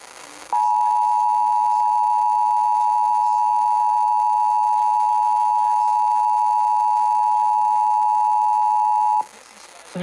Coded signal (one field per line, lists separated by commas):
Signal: Emergency Alert System (SAME) tones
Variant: 853 and 960 Hz attention tone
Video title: EAS #57-60: January 2023 Ohio Required Monthly Test on WNCI FM, WEGW FM, WTOV-TV, & WTRF-TV